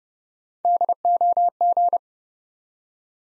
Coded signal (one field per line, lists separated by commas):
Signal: Morse code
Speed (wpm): 30 wpm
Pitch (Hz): 700 Hz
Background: none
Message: DOG